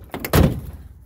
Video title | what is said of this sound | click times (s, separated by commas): Ram Limited Eco Diesel Truck with Split Tailgate & Rambox | look at this so you press down on the latch it opens that way right | 0.1 s, 0.2 s, 0.3 s